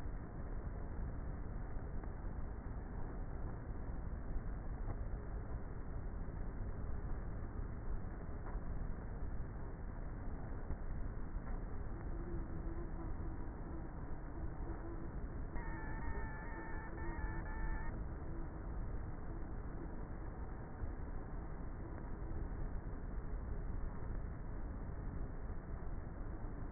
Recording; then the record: honeybee colony, microphone inside the hive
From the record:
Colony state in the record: queenless with a low population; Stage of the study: before two queens were removed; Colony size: about 30,000 bees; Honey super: no